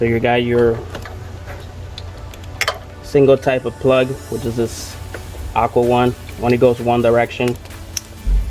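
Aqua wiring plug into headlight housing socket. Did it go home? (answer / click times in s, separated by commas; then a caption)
yes / 8.0 s. An aqua single-type wiring plug is pushed into the headlight housing socket of a 5 Gem projector headlight by X-Gen Auto for a 2018-2020 Honda Accord while someone talks over a low hum. A sharp, short click at 7.9 s confirms the plug has snapped in and is seated.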